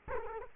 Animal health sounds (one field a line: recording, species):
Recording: mosquito wingbeat signal from an infrared sensor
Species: Culex quinquefasciatus